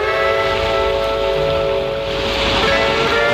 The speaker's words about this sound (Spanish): Olas.